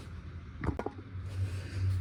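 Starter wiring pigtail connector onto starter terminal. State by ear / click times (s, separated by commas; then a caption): not seated / none. While replacing the starter on a 2003 Dodge Dakota V8, the wiring pigtail connector is pushed onto the starter terminal, giving short sharp knocks at about 0.6, 0.8 and 0.9 seconds over a steady low hum. The connector is broken and has not clicked on or seated.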